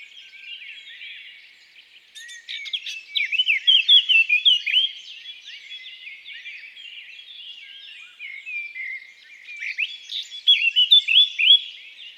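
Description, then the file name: Eurasian blackcap singing two phrases, each starting with soft chattering twitter and breaking into loud, rich whistled notes, with quieter twittering between them. "Sylvia atricapilla"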